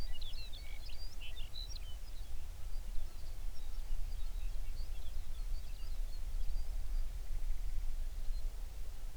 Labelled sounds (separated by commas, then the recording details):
songbird
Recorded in the Prudhoe Bay oil fields, Alaska, on 11 June 2019 at 04:36
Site 21